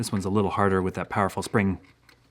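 Someone talks while handling the set latch of a stiff 1943 Automatic / Hell-Cat spring rat trap, the harder version with a more powerful spring that is set by pushing down at the back. Nothing has seated or clicked yet; the clip ends in near silence before the latch catches.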